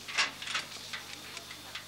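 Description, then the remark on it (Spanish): One of Heather's clocks, in the film Heathers (1988), ticks steadily and softly, sharp crisp clicks spaced evenly about every third of a second, over a faint low hum with no voices. “Heather dejó aquí uno de sus relojes.”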